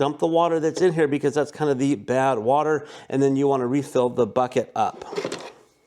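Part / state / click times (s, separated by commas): removable water tank into countertop RO filter dispenser / not seated / none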